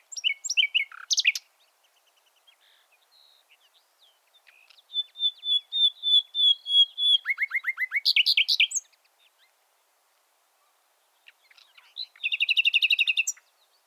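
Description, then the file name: Common nightingale song: a short rapid phrase, then a long series of pure whistles turning into a fast descending trill, later a buzzy rattle. "Luscinia megarhynchos"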